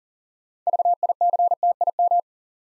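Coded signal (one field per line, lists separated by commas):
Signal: Morse code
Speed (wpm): 38 wpm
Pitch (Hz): 700 Hz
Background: none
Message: VICTIM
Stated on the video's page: Morse practice at 40 wpm: first three letters spoken, then the six-letter word sent, spoken, and sent again.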